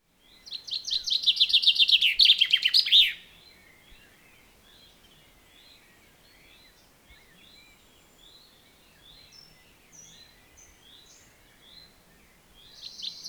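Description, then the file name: Common chaffinch song: a bright descending trill ending in a flourish, followed by faint high chirps and a louder burst at the end. "Fringilla coelebs"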